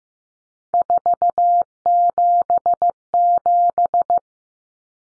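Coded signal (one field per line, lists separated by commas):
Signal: Morse code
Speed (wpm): 15 wpm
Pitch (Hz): 700 Hz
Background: none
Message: 477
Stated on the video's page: Morse practice of three-digit cut numbers at 15 wpm, each sent twice.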